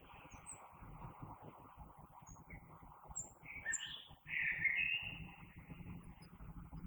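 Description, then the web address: Common blackbird song: a few short fluty, warbled phrases in the middle over a steady low rumble of background noise. Recorded 3 March 2020. "oiseaux Merle 2020 03 03"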